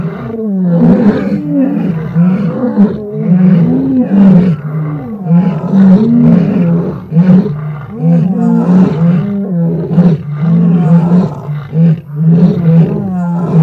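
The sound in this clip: Lion roaring with a continuous, loud run of deep, overlapping grunts and moans that barely pause throughout.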